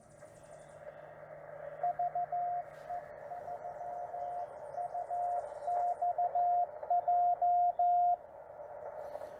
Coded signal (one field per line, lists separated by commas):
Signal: Morse code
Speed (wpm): 15 wpm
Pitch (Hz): 690 Hz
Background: radio noise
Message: VE3UXJ